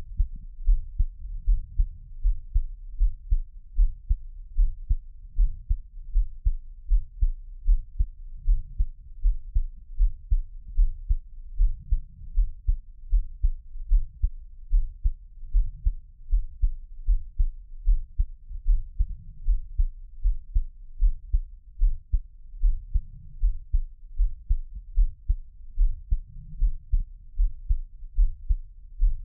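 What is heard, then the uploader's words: A heartbeat thumps steadily throughout, a deep, muffled pulse at a regular pace of a little over one beat per second. Each beat is soft and low with a slight doubled thud, with a faint rumbling hush between beats and no other sounds. 獻上我的心跳 | Give my Heartbeat | NO Talking.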